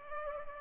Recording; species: mosquito wingbeat signal from an infrared sensor; Culex pipiens